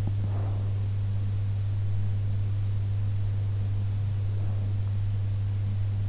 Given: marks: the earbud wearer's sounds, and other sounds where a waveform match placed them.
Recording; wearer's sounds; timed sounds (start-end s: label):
sounds in sleep by an in-ear microphone; breath
0.13-0.99 s: breath